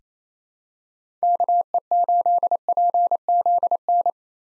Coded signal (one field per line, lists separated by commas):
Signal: Morse code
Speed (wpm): 28 wpm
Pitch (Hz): 700 Hz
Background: none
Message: KE8PZN